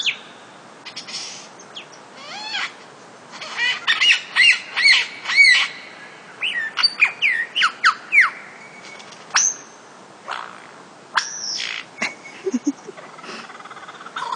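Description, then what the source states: Lyrebird song, a varied run of sweeping notes and repeated harsh phrases, then a few loud whistled sweeps and scattered short notes at the end. Sherbrooke Forest, Victoria; sent in by listener Izzy Taylor; may include mimicry.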